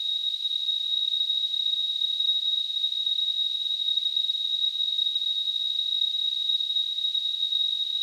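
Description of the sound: Simulated tinnitus: a steady, continuous high-pitched tone near 4 kHz over a faint hiss confined to high frequencies, unchanging throughout, with no low-frequency content.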